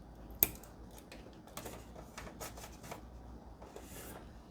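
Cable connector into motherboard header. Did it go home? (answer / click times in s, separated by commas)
yes / 0.4 s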